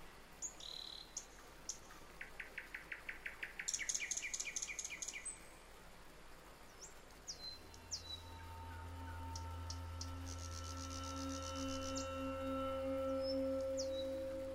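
Bird calls, rapid series of clipped chirps and high whistled notes, with a steady low hum building in the second half.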